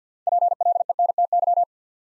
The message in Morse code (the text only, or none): PLENTY